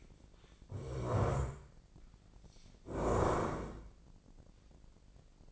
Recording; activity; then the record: daily activity, microphone in the room; stand up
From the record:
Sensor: 5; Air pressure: 1012.4 hPa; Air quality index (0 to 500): 151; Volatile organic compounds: 2 ppm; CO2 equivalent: 1038 ppm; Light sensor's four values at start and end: 275/658/281/313 and 276/659/282/314